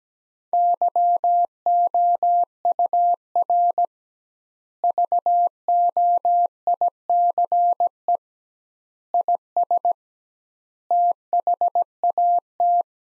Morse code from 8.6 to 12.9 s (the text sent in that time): IS THAT